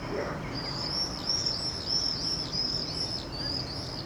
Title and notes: Chemin sous les Fenêtres, Aurifat, Cordes-sur-Ciel, Albi, Tarn, Occitanie, France métropolitaine, 81170, France - quiet time with the birds. birdsong , noise from the road